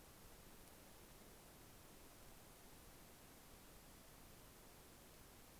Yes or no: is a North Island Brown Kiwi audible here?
no